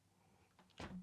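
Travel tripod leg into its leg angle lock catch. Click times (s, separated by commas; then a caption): 0.8 s. After its leg angle clip is released and the leg is swung up, a leg of a Manfrotto Befree Advanced travel tripod is pulled back down into its leg angle lock catch, with faint movement noises just before. A sharp click at 0.8 s marks the catch snapping into place, locking the leg back in its normal position.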